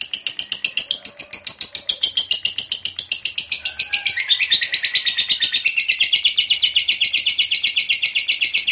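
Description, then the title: Lovebird delivering a steady, rapid, grating chatter of high pulses, roughly four per second, sustained without pause throughout. Long ngekek chatter, described as gacor (in full, frequent voice). "LOVEBIRD NGEKEK PANJANG GACOR BIKIN LATAH"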